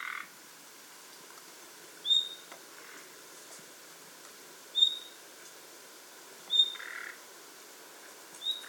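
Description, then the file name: Common nightingale giving clear, high whistled notes about every two seconds, with two harsh, rasping croaks, against quiet steady background noise. "Luscinia megarhynchos"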